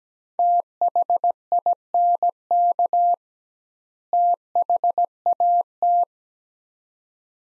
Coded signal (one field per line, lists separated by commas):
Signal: Morse code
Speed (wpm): 17 wpm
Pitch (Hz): 700 Hz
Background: none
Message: THINK THAT